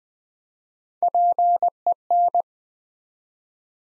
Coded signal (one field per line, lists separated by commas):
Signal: Morse code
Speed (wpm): 20 wpm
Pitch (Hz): 700 Hz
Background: none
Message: PEN